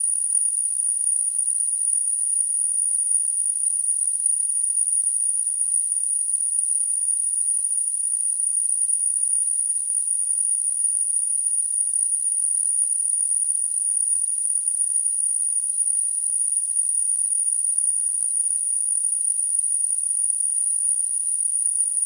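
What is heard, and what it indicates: A steady, very high-pitched whistling tone near 9 kHz, wrapped in a faint hiss, continues unchanged for about 22 seconds with no pauses or variation. It is simulated tinnitus, the ringing or whistling in the ears heard without any outside sound.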